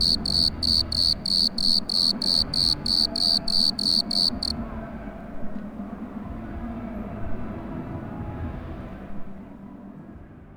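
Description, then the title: Grasshopper song: a steady run of short, high chirps, about three per second, stopping after a few seconds, leaving only a low, rumbling background of crowd and music noise. Aix-les-Bains, Savoie, France; hidden, unseen, in a gutter by a kerb in street-lamp shade; took 10 minutes to locate amid reflections; festival music and crowd 500 m away; Zoom H4 on road. "Rue Jacques Cartier, Puer, Aix-les-Bains, Savoie, Auvergne-Rhône-Alpes, France métropolitaine, 73100, France - Criquet acousmatique"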